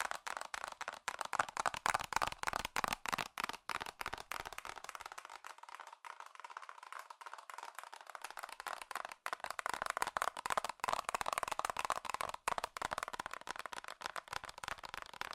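Fast, furious tapping on metal goes on without a break, a dense, crackling stream of hard clicks with a bright, ringing edge. The rattle stays fairly even throughout, with brief gaps here and there. Between about five and nine seconds the low rumble underneath drops away.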